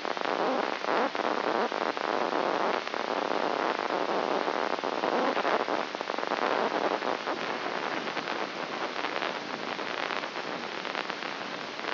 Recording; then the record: brain microelectrode recording played as sound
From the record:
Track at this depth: inside the subthalamic nucleus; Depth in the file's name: 3.431 mm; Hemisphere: left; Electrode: 3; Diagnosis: Parkinson's disease